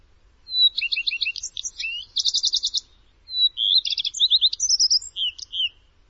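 Bird song in two bursts of high, buzzy trilled notes and quick slurred whistles, each phrase over two seconds long, over near silence.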